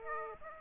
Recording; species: mosquito wingbeat signal from an infrared sensor; Aedes aegypti